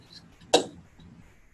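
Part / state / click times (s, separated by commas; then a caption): seat belt tongue into vehicle buckle / seated / 0.5 s. A vehicle seat belt, threaded through the belt path of a car seat base, has its metal tongue pushed into the buckle. A single sharp click is heard at 0.6 s against a quiet background. The belt tongue seats in the buckle.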